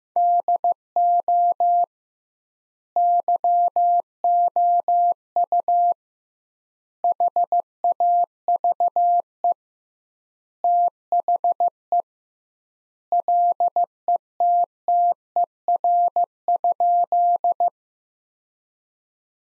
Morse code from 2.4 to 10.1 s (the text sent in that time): YOU HAVE